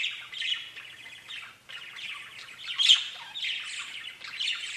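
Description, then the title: Budgerigar chatter: raspy, buzzy warbles and a sharp squeak midway, uneven short phrases over a quiet background. "Budgie Sounds"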